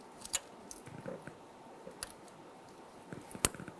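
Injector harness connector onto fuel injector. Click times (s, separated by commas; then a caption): 3.5 s. A fuel injector harness connector is pressed onto a fuel injector on a 1994–2004 Ford Mustang 3.8L V6. A few faint ticks and handling noises come first, then a sharp click at 3.4 s as the connector seats onto the injector.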